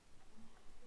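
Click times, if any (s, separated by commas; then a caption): none. A zinc alloy and ABS left shoulder part is handled against the left shoulder assembly of a 1:2 scale endoskeleton model kit, repeating the steps done on the right shoulder. Only soft, low handling rumble and faint rustling are heard, with no sharp transient. Nothing has seated or clicked yet.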